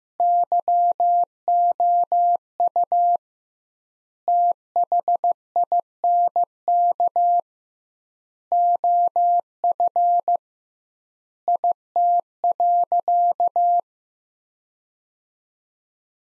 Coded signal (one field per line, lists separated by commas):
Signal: Morse code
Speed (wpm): 15 wpm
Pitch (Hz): 700 Hz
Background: none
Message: YOU THINK OF IT.